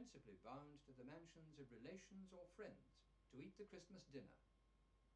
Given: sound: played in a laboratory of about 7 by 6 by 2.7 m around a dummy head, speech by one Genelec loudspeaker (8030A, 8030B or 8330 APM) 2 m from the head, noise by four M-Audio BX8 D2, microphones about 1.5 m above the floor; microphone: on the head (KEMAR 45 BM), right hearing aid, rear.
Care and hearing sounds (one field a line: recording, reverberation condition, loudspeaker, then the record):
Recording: male speech in English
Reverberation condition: low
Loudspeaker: in front (0 degrees)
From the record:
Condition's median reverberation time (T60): about 310 ms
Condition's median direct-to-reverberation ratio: about 3.5 dB